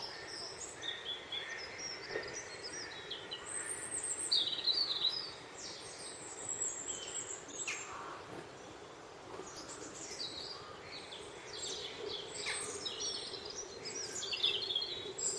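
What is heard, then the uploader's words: Robins chirp and sing outdoors over a steady hiss of background noise. Bright, quick phrases come and go throughout, with clearer bursts near four seconds and again around fourteen seconds, while fainter calls sound farther off. Robin Birds Chirping.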